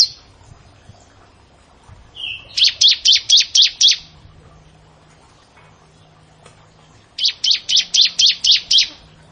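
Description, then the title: Bar-winged prinia delivering a short note followed by a fast series of about six high chips, then, after a pause, a second similar series. "Ciblek Sawah"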